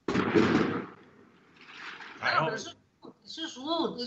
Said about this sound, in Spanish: Bueno, se están escuchando fuegos artificiales de una fiesta cercana.